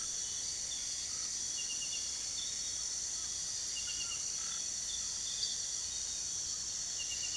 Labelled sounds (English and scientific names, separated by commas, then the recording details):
none
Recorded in pastures near Puerto Asís, Putumayo, Colombia, on 18 February 2024 at 05:30
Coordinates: 0.466, -76.323
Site G6384